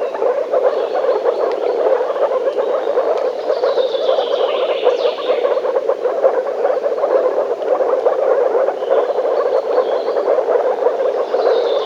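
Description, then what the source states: Frog chorus of many overlapping croaks, steady throughout, with faint bird calls drifting above. Frogs in a forest.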